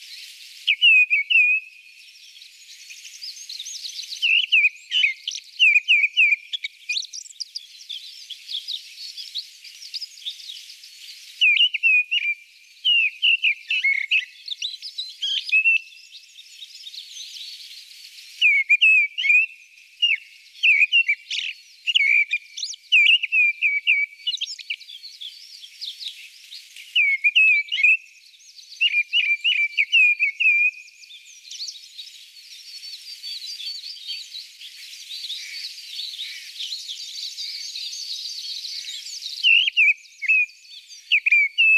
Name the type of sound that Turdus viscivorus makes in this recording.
song